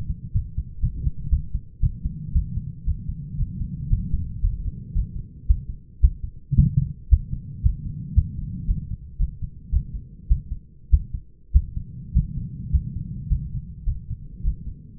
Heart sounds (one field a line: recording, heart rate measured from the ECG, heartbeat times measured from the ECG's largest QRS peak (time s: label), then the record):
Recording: heart sounds by stethoscope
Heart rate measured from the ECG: 111 bpm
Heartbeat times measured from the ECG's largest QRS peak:
0.33 s: heartbeat
0.82 s: heartbeat
1.31 s: heartbeat
1.81 s: heartbeat
2.33 s: heartbeat
2.85 s: heartbeat
3.37 s: heartbeat
3.89 s: heartbeat
4.41 s: heartbeat
4.94 s: heartbeat
5.47 s: heartbeat
6.01 s: heartbeat
6.56 s: heartbeat
7.10 s: heartbeat
7.63 s: heartbeat
8.15 s: heartbeat
8.67 s: heartbeat
9.18 s: heartbeat
9.71 s: heartbeat
10.28 s: heartbeat
10.91 s: heartbeat
11.53 s: heartbeat
12.14 s: heartbeat
12.72 s: heartbeat
13.29 s: heartbeat
13.85 s: heartbeat
14.43 s: heartbeat
From the record:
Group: healthy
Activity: light exercise 0-1 s, rest 1-15 s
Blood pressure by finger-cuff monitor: 159/87 mmHg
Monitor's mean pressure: 105 mmHg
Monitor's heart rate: 113 bpm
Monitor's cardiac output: 10.8 L/min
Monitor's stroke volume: 95 mL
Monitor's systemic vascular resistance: 730 dyn s/cm5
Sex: male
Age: 24 years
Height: 184 cm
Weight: 89 kg